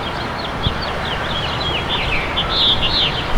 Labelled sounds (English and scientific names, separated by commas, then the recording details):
House Finch (Haemorhous mexicanus) song
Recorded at Bay Shore on Long Island, New York, on 29 May 2013
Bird E